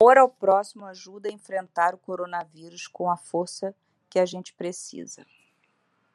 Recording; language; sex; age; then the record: spoken sentence; Brazilian Portuguese; female; 50 to 59 years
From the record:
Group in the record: control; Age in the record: 55 years